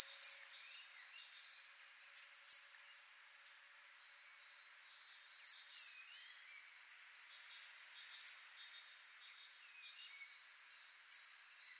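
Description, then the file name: Great tit giving short paired high whistled notes, each pair dropping slightly, repeated about every three seconds, with soft chatter in the background. "Parus major"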